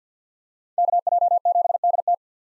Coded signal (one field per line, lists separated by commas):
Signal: Morse code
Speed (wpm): 50 wpm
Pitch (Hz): 700 Hz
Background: none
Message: KJ7DT